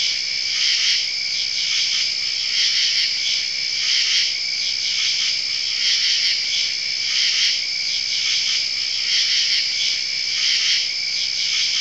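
A chorus of crickets, high and constant, with layered trilling tones and light rhythmic pulses about once per second.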